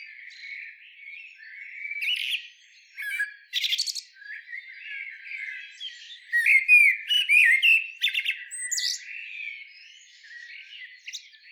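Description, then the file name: Eurasian blackbird singing, fluty warbled phrases that break into squeaky high twitters, delivered in several bursts with short pauses between. "Turdus merula"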